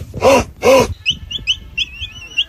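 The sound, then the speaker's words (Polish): A capybara (great capybara, the largest rodent species) gives two loud, rasping harmonic calls, followed by a string of thin, high-pitched chirps and short whistles repeating rapidly and unevenly. No one speaks. “Kapibara wielka jest największym gatunkiem gryzonia. Nie ulega wątpliwości, że jest to też bardzo ciekawe zwierzę. Bardzo ciekawe dźwięki wydaje.”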